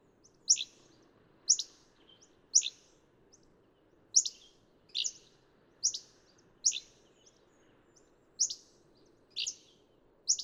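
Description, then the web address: Hammond's flycatcher repeating short, high notes roughly once a second over low ambient noise. "birdsongforthecurious Hammond's Flycatcher"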